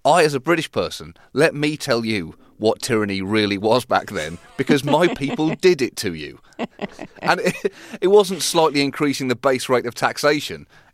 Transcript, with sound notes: I, as a British person, let me tell you what tyranny really was back then because my people... (Soundbite of laughter) ...did it to you. And it wasn't slightly increasing in the base rate of taxation.